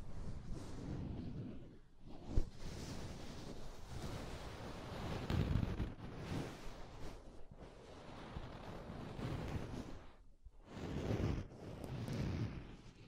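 Soft, fluffy rubbing and brushing sounds for ear tingles, with a dense, muffled rustle that swells and fades in waves, heaviest in the low end. A sharp tap lands near 2.4 seconds, and brief near-silent gaps break the texture around 2, 6 and 10 seconds.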